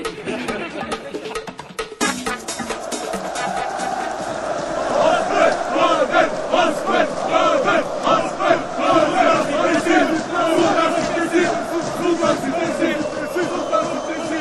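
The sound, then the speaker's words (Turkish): A football crowd at the Beykoz Belediyesi Sosyal Tesisleri Yarı Olimpik Halı Sahası, an artificial turf pitch, during a quarter-final match of the Avrupa Siteler ve Apartmanlar Birliği Kupası, roars steadily, a dense wash of many voices shouting and chanting together that swells and stays loud throughout, with a sharper burst of noise near the start. “Beykoz Belediyesi Sosyal Tesisleri Yarı Olimpik Halı Sahası'ndan iyi akşamlar sevgili seyirciler.”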